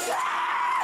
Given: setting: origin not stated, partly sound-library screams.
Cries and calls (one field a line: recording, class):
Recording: one-second piece from a danger detection set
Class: woman in danger